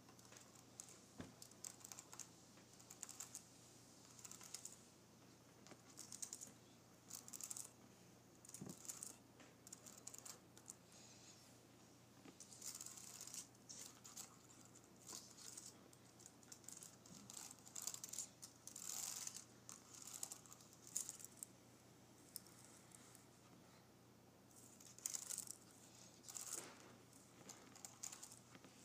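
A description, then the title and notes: Fingernails graze and scratch across a keyboard in short, bright bursts that come every second or so, some clustering into quicker runs, with a few sharper clicks near 1 and 9 seconds. A low, steady hum sits underneath throughout. Nails Grazing Across my Keyboard.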